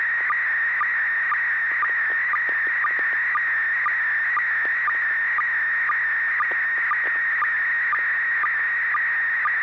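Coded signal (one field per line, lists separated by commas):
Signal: SSTV (slow-scan television)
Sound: warbling steady tone with quick low ticks about twice a second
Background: radio hiss, low hum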